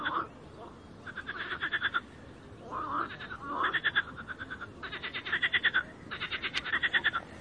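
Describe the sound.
Frogs croaking: nasal calls and rattling pulse trains in repeated bursts.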